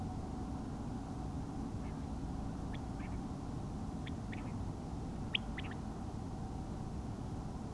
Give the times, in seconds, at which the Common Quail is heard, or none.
1.82-2.06, 2.72-3.18, 4.05-4.52, 5.33-5.74